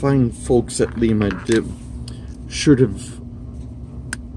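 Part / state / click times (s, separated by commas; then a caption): plastic truck assembly snapping into a model locomotive frame / seated / 4.1 s. Someone talks while a plastic truck assembly or truck cover is pressed back into the body of a Lima FP45 model locomotive. A faint tick comes at 2.1 s, then a sharp, loud snap at 4.1 s as the part seats in place.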